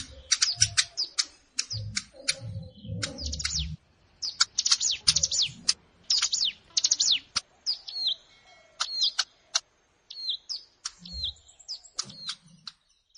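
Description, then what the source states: Plain prinia song alternating busy bursts of high chirps with slower, repeated downslurred notes; low muffled thumps come and go beneath. Recorded in a rice field (sawah).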